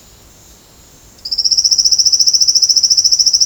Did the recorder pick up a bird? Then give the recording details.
yes. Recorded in pastures near Puerto Asís, Putumayo, Colombia, on 29 June 2025 at 09:30. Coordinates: 0.496, -76.326. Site GP01